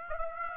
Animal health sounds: mosquito wingbeat signal from an infrared sensor; Aedes aegypti

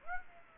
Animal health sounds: mosquito wingbeat signal from an infrared sensor; Aedes aegypti

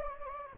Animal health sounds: mosquito wingbeat signal from an infrared sensor; Anopheles gambiae

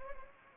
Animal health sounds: mosquito wingbeat signal from an infrared sensor; Anopheles gambiae

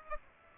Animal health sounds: mosquito wingbeat signal from an infrared sensor; Aedes aegypti

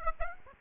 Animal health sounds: mosquito wingbeat signal from an infrared sensor; Aedes aegypti

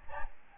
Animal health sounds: mosquito wingbeat signal from an infrared sensor; Aedes albopictus

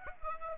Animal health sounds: mosquito wingbeat signal from an infrared sensor; Aedes aegypti

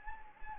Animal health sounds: mosquito wingbeat signal from an infrared sensor; Anopheles gambiae

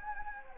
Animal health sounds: mosquito wingbeat signal from an infrared sensor; Anopheles gambiae

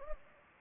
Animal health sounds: mosquito wingbeat signal from an infrared sensor; Anopheles gambiae

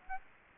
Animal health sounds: mosquito wingbeat signal from an infrared sensor; Aedes aegypti

